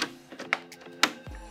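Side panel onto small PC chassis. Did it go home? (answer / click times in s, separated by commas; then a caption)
yes / 0.5 s, 1.0 s. A metal side panel is lined up and slid onto the small chassis of a Puget Systems Intel Dragon Canyon NUC (NUC12DCMi9), the second side fitted the same way as the first. Soft sliding scrapes lead to sharp clicks at 0.5 s and 1.0 s, and the panel is seated.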